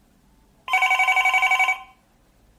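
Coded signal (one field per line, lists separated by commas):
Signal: none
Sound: a telephone ringing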